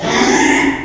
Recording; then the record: squeal of a Yucatan mini pig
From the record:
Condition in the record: after surgery on the right vocal fold (resection and tissue-engineered implant); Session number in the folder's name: 3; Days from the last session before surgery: 33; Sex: male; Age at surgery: 12 weeks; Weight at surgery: 13 kg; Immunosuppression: cyclosporine, prednisolone